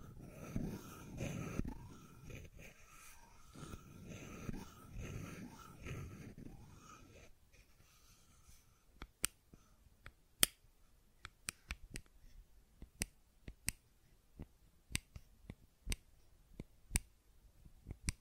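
A fidget cube gives soft muffled rustling and rubbing for about seven seconds, then sharp isolated clicks every second or so.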